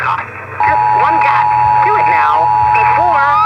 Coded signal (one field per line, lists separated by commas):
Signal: Emergency Alert System (SAME) tones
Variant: 853 and 960 Hz attention tone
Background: speech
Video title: EAS #816-817: Required Weekly Test on KDKA-AM #13 || 2/27/22